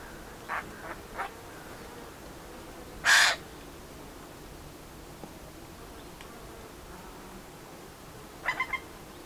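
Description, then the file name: Eurasian jay giving one loud, raspy screech midway, preceded by a few softer notes and followed near the end by a short, three-pulse clicking rattle, over steady background hiss. "Garrulus glandarius"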